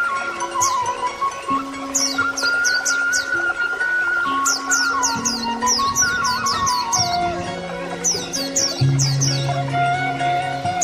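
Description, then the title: Oriental magpie-robin singing rapid, high downswept whistles in lively bursts separated by brief gaps, over a continuous low humming background. Song (kicau). "Kicau Kacer Durasi Panjang 1jam Lebih"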